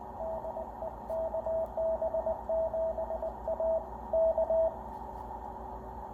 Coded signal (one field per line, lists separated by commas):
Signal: Morse code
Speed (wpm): 20 wpm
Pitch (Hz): 650 Hz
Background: radio noise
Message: DE KB7A K